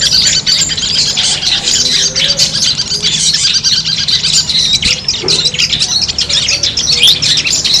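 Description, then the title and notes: Long-tailed shrike singing a continuous rush of raspy, buzzy notes and rapid high chips, mixed with a constant low background hum. Competition-style song of the long-tailed shrike, locally called cendet, made as a training recording for birds and used as 'mental therapy' for cendet. "Suara Lomba untuk Terapi Mental Cendet. Masteran Burung Cendet"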